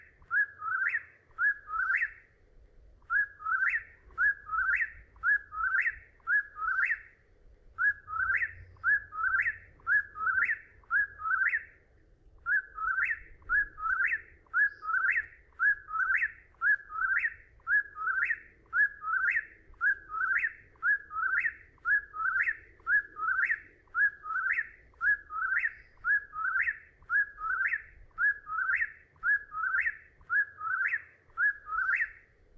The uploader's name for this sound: Whippoorwill